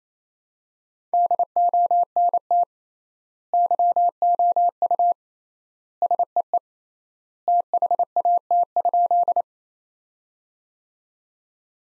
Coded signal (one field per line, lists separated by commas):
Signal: Morse code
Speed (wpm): 28 wpm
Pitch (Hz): 700 Hz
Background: none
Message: DONT YOU SEE THAT?